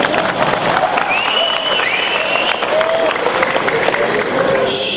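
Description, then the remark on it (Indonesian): A crowd applauds steadily for several seconds, the dense clapping holding an even loudness, with a few thin high whistles and scattered voices mixed into the noise. “Ini bukan dangdut, dengar saja, jangan tepuk tangan.”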